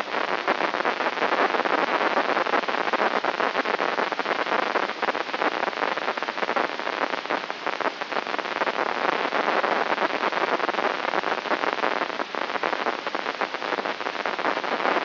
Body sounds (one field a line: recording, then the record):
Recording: brain microelectrode recording played as sound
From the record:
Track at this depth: outside the subthalamic nucleus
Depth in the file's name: 6.629 mm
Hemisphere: left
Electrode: 3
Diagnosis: Parkinson's disease